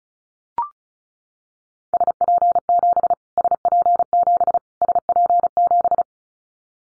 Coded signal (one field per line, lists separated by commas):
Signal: Morse code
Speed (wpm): 34 wpm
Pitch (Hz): 700 Hz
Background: none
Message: SP7 SP7 SP7